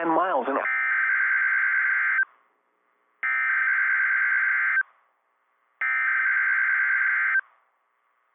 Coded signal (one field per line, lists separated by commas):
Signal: Emergency Alert System (SAME) tones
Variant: header bursts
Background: speech